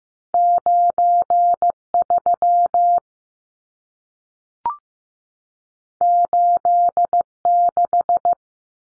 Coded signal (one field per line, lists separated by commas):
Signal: Morse code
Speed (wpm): 15 wpm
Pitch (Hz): 700 Hz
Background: none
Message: 93 86